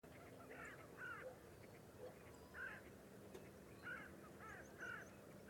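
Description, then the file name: Carrion crow harsh caws, given singly and in small groups at uneven intervals over about five seconds, over a steady low background hum. "Corvus corone"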